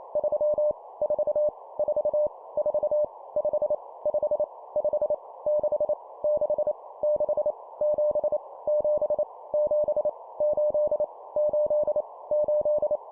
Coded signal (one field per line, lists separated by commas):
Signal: Morse code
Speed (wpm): 28 wpm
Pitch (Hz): 600 Hz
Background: none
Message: 3 4 4 4 5 5 5 6 6 6 7 7 7 8 8 8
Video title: 25wpm Repeat three times Number, CW morse code Copy Speed improvement